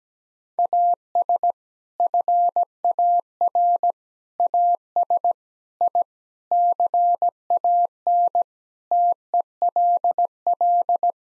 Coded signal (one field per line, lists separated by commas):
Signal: Morse code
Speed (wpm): 17 wpm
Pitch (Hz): 700 Hz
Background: none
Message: AS FAR AS I CAN TELL